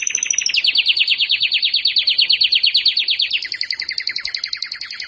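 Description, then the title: Belgian canary song opening with a high whistled note, then a rapid rolling trill that holds steady before shifting to a slightly higher trill. Belgian canary; the song is said to stimulate and warm up any female. "Canario Belga. Canario Galador Esquenta Qualquer Femea"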